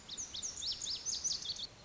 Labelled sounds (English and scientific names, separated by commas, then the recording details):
Lazuli Bunting (Passerina amoena)
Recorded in Sonoma County, California